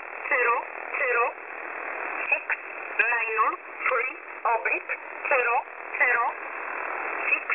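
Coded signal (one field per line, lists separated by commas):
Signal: numbers station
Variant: E11 Oblique, English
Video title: E11 Oblique 20/12/2023 1045 UTC 11100kHz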